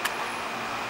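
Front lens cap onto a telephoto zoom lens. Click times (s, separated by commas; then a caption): 0.1 s. A plastic front lens cap is pressed onto a new Tamron 70-200mm 2.8 G2 telephoto zoom lens. A short, sharp snap is heard at 0.1 s against a steady low hiss. The cap pops right in and is seated.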